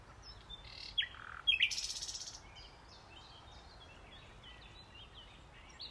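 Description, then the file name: Common nightingale giving a short burst of varied notes with a buzzy trill near the start, then faint chirps. "Luscinia megarhynchos"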